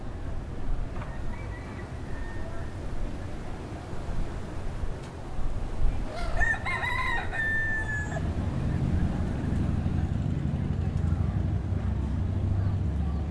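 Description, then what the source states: Rooster crow midway that rises then holds, over low rumbling background noise. Roosters, more than one, in Key West.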